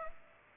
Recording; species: mosquito wingbeat signal from an infrared sensor; Aedes aegypti